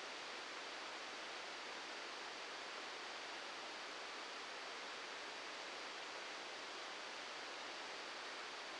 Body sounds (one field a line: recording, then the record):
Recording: brain microelectrode recording played as sound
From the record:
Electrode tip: outside the subthalamic nucleus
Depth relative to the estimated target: 0 mm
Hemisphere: left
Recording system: NeuroSet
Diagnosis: Parkinson's disease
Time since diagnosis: 7 years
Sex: male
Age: 44 years